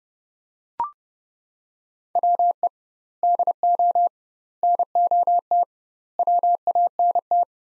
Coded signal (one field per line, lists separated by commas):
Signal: Morse code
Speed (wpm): 30 wpm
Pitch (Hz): 700 Hz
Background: none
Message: WE DO NOT WANT